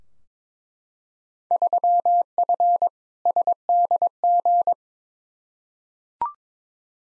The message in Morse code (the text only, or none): 3F SDG